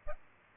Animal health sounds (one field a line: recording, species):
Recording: mosquito wingbeat signal from an infrared sensor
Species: Aedes aegypti